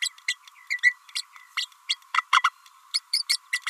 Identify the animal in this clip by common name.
Green-rumped Parrotlet